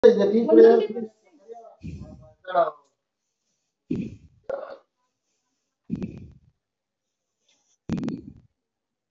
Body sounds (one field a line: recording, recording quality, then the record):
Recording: deep breathing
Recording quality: moderate, slight background noise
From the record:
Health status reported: recovered from COVID-19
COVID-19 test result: positive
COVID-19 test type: RT-PCR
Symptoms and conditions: cough, cold, fever, loss of smell and taste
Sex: female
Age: 36 years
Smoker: no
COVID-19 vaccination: both doses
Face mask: worn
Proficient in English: yes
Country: India